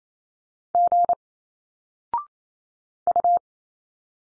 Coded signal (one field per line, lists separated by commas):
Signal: Morse code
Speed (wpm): 28 wpm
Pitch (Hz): 700 Hz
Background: none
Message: G U